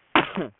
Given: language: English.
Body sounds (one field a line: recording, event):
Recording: throat vibration sensor signal played as sound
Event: cough